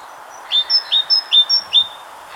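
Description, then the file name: Great tit song: four lower notes, the first three each followed by a brighter higher note, in quick rhythmic succession. "Parus major"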